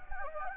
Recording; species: mosquito wingbeat signal from an infrared sensor; Anopheles gambiae